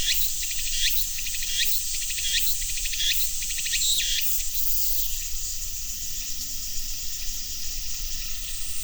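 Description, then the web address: Cicada chorus with a constant shrill drone; rising rasping phrases repeat about once a second for five seconds, then only the steady hiss remains. "sound cicadas-tsu"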